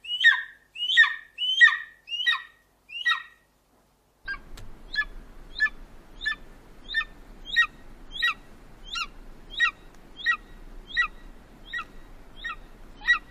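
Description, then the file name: Golden eagle calling with loud, ringing yelps, five strong notes at first, then a long, even series of thinner, repeated chips roughly every two-thirds of a second. "Canto-da-Águia-Dourada"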